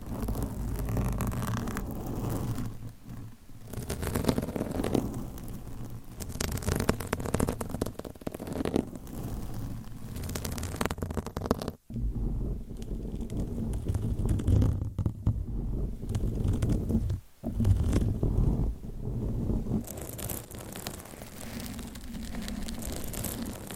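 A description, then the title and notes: Long nails scratch and rub right against a microphone, making a dense, continuous rasping with heavy low rumble and muffled thumps. Brighter scraping strokes come and go, and the sound drops out briefly near 12 and 17 seconds before resuming. ASMR Mic Scratching - Brain Scratching with Long Nails BRAIN MELTING!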